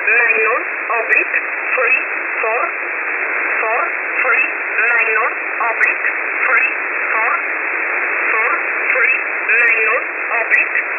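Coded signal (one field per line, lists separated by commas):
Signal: numbers station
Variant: E11 Oblique, English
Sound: voice reading short words, probably numbers, at steady pace through shortwave static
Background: radio static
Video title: 16 02 2023 Numbers station E11 Oblique in English to Eu in USB mode 0820 on 5149 Warsaw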